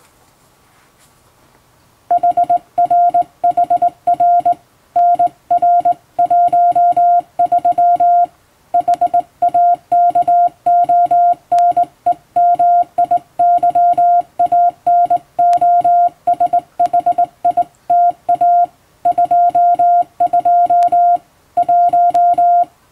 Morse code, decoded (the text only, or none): HRHR NR13 HAKONEMIYANOSHITA 22 1